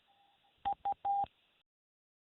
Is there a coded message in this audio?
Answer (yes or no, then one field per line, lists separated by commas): no